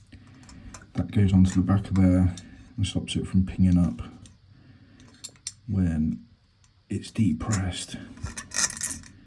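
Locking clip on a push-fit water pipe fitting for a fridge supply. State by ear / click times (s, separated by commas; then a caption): not seated / none. A plumber handles a plastic locking clip on a push-fit water pipe fitting for a fridge water supply while someone talks, with small taps and clicks of handling in between. Nothing has seated or clicked home yet.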